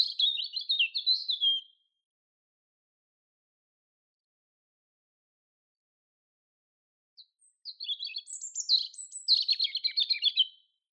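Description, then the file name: European robin singing: a sweet rippling phrase, a pause of several seconds, then another high, jumbled phrase with a thin piping note, varied twitters and trills. "Erithacus rubecula"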